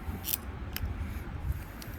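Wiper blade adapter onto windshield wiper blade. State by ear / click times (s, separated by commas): not seated / none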